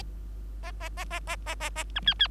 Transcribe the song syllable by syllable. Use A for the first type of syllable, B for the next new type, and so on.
A A A A A A A A B C C